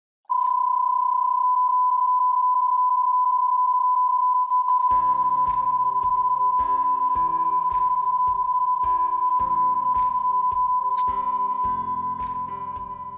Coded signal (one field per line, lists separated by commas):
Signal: PSK31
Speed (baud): 31.25 baud